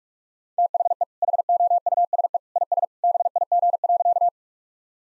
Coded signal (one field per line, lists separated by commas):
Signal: Morse code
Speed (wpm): 47 wpm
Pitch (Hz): 700 Hz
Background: none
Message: THE HOUSE IS BIG.